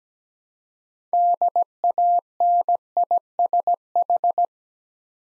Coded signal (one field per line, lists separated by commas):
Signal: Morse code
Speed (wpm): 17 wpm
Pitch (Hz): 700 Hz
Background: none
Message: DANISH